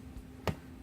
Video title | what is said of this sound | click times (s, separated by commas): Star Wars Episode 2 Attack of the Clones Jedi Starfighter | pull it down so you hear click and | 0.5 s